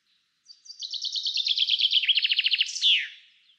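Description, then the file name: Common chaffinch song: a bright, rattling trill of rapid notes that steps down in pitch and ends with a sharp, downslurred flourish. "Fringilla coelebs"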